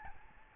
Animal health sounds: mosquito wingbeat signal from an infrared sensor; Aedes albopictus

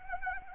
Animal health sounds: mosquito wingbeat signal from an infrared sensor; Anopheles arabiensis

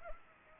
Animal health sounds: mosquito wingbeat signal from an infrared sensor; Culex pipiens

